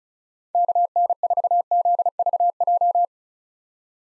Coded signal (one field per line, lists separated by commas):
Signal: Morse code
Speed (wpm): 36 wpm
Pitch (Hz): 700 Hz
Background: none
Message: KN4ZVJ